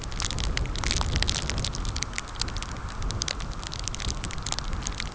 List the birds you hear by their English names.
none